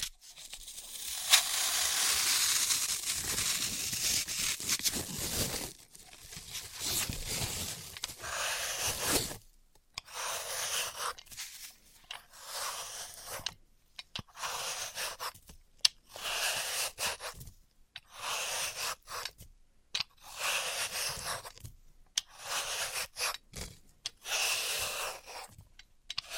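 Floral foam is crushed and cut, with a dense, steady, hissing crunch filling the first nine seconds or so. After that the sound breaks into separate bright, gritty bursts, each lasting about a second, with short silences between them until the end.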